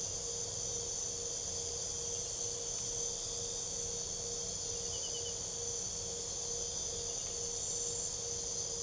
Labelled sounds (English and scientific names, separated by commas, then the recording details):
none
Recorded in pastures near Puerto Asís, Putumayo, Colombia, on 26 December 2024 at 00:30
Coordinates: 0.497, -76.327
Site G088